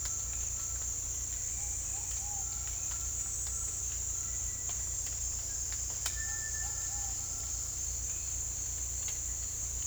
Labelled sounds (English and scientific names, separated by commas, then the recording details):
Ruddy Pigeon (Patagioenas subvinacea), Cinereous Tinamou (Crypturellus cinereus)
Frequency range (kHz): Ruddy Pigeon (Patagioenas subvinacea) 0.4-1.4 kHz; Cinereous Tinamou (Crypturellus cinereus) 1.3-2.4 kHz
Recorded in dense forest near Puerto Asís, Putumayo, Colombia, on 18 December 2024 at 08:30
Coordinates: 0.486, -76.317
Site G003